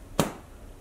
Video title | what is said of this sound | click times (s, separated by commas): MOST WORN ITEMS - GUCCI, TOPSHOP, VINTAGE | it's just like I said you heard that click it's just like a real briefcase | 0.2 s